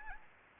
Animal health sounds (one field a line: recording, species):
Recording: mosquito wingbeat signal from an infrared sensor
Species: Anopheles arabiensis